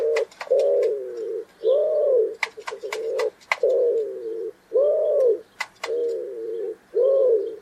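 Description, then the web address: Bird cooing: low, soft, throaty coos repeated in a series, with sharp clicking taps scattered between them. "cianscape. Deverinetal. Bird Only"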